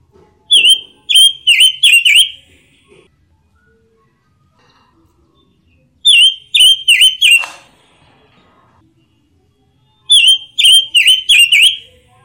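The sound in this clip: Robin (pancawarna): robin singing short phrases of four or five loud whistled notes that dip and rise, repeated three times with pauses of several seconds.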